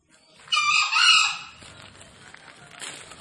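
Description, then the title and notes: Green junglefowl crow, one harsh strained two-part call about a second long, then faint background noise. Wild green junglefowl released freely, calling from up in a tree; used as a lure for catching junglefowl. "Panggilan Ayam Hutan Liar. Ayam Hutan Hijau Dilepas Bebas n Bunyi Gacor Diatas Pohon. Pemikat Ayam Hutan"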